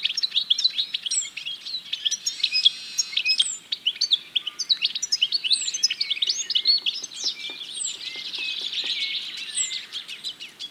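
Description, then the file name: European goldfinch chatter: rapid, tinkling high chirps and short buzzy trills, broken by several sharp descending whistled notes, unbroken for the whole stretch. "Carduelis carduelis"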